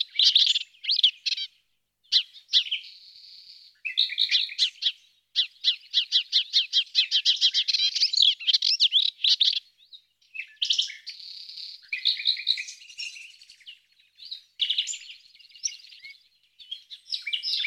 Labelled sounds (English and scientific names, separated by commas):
Melodious Warbler (Hippolais polyglotta) song